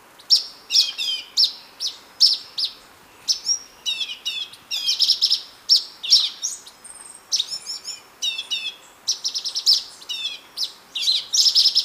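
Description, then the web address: Orange-bellied euphonia in steady song: fast series of high chips, clear whistles and buzzy warbled phrases, nearly continuous throughout. Ecuador. "Natures Songs S America Birds of Ecuador Orange-bellied Euphonia"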